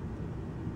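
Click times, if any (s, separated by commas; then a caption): none. Two small corner coaxial antenna connectors are being handled for pressing onto their sockets on a Galaxy S4 phone board during a charging port replacement. Only a steady low rumble is heard, with no distinct snap. Nothing has seated or clicked yet.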